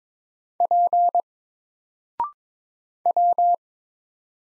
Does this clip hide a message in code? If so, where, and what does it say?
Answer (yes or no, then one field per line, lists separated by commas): yes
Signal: Morse code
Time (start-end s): 0.6-3.5 s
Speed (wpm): 22 wpm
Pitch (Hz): 700 Hz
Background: none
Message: P W